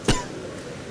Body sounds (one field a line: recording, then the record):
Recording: coughing mixed with background sound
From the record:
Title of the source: Coughing 51